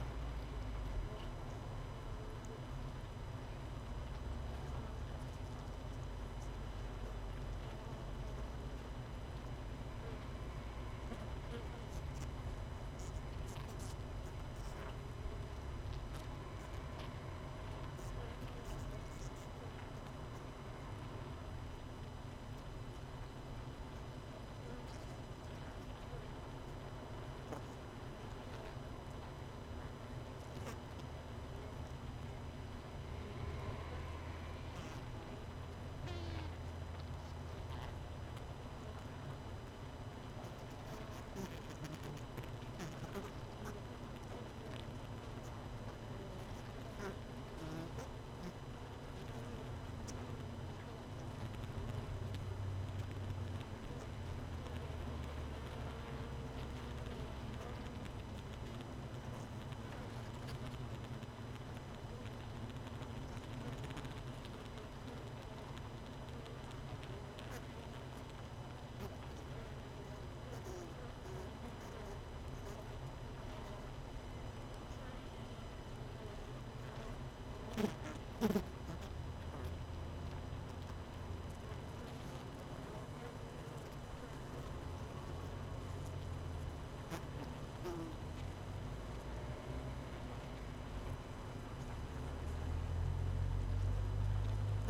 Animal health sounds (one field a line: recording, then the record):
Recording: honeybee colony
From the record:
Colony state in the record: missing queen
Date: 31 May 2018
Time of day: 18:06